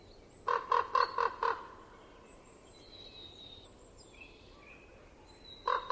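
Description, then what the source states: Common raven uttering a fast series of five rough croaks, then silence except faint high bird whistles, and one or two further croaks near the end. Recorded in winter in Estonia.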